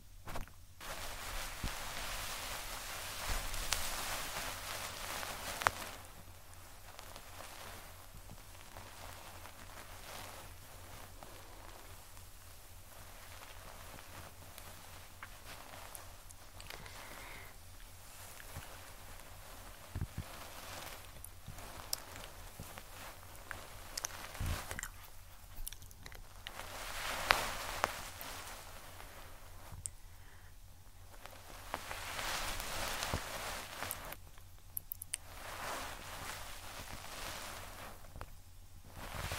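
Crackly scratching and brushing right at the ear, like an ear being cleaned with picks, brushes and swabs. The rustling comes in dense bursts that swell and fade every few seconds, with occasional sharp clicks and a faint low hum underneath.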